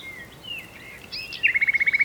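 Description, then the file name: Common nightingale song phrase: drawn-out whistles, some sliding downward, then a loud rapid series of identical chopped notes. "Luscinia megarhynchos"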